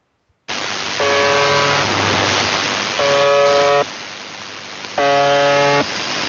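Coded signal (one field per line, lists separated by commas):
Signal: channel marker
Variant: UVB-76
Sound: harsh low buzzes, about 0.8 s each, repeating roughly every 2 s over hiss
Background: radio static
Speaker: éste es muy conocido es una señal que se lleva desde el principio de los 80 en 405 y grecia en usb y que lleva de forma casi ininterrumpida hay un montón de años con un zumbido muy monótono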